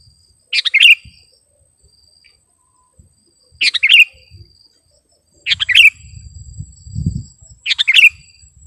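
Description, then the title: Sooty-headed bulbul song: four short bubbly phrases, roughly every two to three seconds, with a thin steady whine and a low rumbling noise late on. "kutilang"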